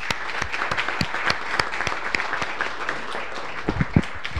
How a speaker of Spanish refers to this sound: Un aplauso para todos.